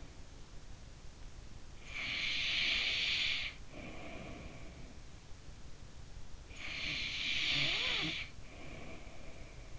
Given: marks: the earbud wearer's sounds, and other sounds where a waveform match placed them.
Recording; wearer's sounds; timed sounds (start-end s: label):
sounds in sleep by an in-ear microphone; breath
0.76-5.22 s: breath
5.79-9.79 s: breath